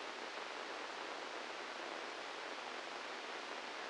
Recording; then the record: brain microelectrode recording played as sound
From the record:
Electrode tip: inside the subthalamic nucleus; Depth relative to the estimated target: 2 mm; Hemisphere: right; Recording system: NeuroSet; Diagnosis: Parkinson's disease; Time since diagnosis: 15 years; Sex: female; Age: 59 years